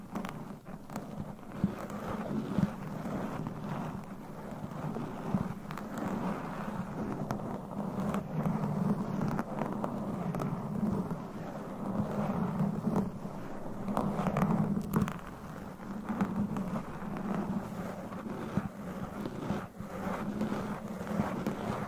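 Mic scratching makes a dense, continuous rubbing rumble with a low hum underneath, dotted with frequent brief scrapes and clicks throughout.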